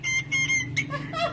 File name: Cockatiel